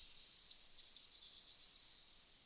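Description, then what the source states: Eurasian Blue Tit call: a few high thin notes followed by a quick trilled, slightly descending series lasting about a second. Recorded in France.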